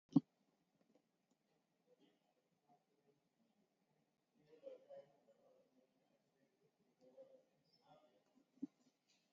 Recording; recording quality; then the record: shallow breathing; poor, much background noise or distortion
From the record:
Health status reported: COVID-19 positive, mild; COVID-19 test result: positive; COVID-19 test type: RT-PCR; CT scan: taken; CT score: 11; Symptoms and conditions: cough, cold, muscle pain, loss of smell and taste, diabetes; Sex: male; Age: 76 years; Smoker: no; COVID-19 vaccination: none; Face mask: worn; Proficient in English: yes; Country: India